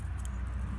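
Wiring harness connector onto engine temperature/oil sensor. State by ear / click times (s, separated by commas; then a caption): not seated / none. A wiring harness plug is handled at the newly fitted engine oil/temperature sensor on a 2004 Toyota Land Cruiser, just before being pushed on; nothing has seated or clicked yet. A steady low hum runs throughout, with light handling rustle and brief bright rattles around 0.2 s and 0.3 s. The connector later latches with a good click but still shows a little movement.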